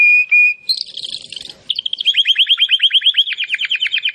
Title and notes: Canário Belga Campainha Canary Singing. Canario Belga Cantando